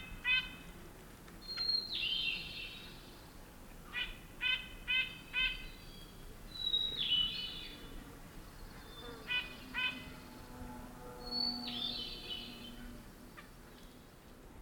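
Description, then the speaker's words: Red-breasted Nuthatch giving short runs of nasal toots between slurred, buzzy notes, irregularly spaced over a soft background hiss. Male flies toward the recordist and gives cheery nasal toots, a silly sound likened to a kid's toy. "A red-breasted nuthatch suddenly flies my way and gives his cheery nasal toots."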